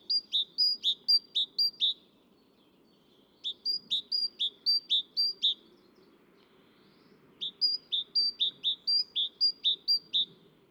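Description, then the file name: Great tit song: three strings of fast, clipped two-note phrases with short silences between, over faint background noise. "Parus major"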